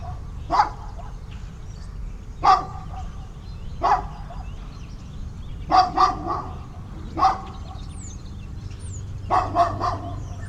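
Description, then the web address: Dog giving loud barks, some in quick clusters, about every one to two seconds over a low rumbling background, with a faint high bird chirp near the end. Dogs and birds in a suburban setting in the morning. "boom library Urban and Suburban. Suburban morning dogs birds"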